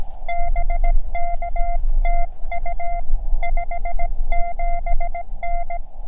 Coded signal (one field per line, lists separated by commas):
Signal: Morse code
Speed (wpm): 17 wpm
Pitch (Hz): 690 Hz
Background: none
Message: BK TU 57N